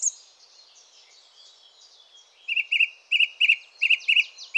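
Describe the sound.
Song thrush song: faint high twittering, then a loud clear double note repeated several times in quick succession, with other high notes around it.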